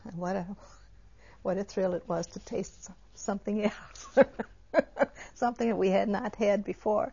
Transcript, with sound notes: What a thrill it was to taste something else. ( she laughs ) Something that we had not had before.